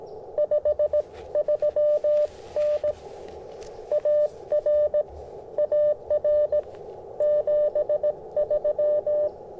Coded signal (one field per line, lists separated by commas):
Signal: Morse code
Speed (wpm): 18 wpm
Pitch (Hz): 600 Hz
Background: none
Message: 53N AR AR 73